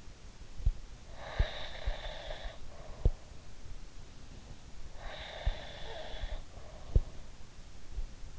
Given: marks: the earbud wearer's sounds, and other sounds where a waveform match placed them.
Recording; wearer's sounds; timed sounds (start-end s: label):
sounds in sleep by an in-ear microphone; breath
1.10-3.11 s: breath
5.06-7.30 s: breath